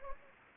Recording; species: mosquito wingbeat signal from an infrared sensor; Anopheles gambiae